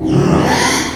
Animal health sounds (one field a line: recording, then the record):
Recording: squeal of a Yucatan mini pig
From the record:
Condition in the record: after surgery on the right vocal fold (resection and tissue-engineered implant)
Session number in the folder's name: 3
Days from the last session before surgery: 33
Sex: male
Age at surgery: 12 weeks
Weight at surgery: 13 kg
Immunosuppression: cyclosporine, prednisolone